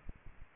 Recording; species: mosquito wingbeat signal from an infrared sensor; Aedes aegypti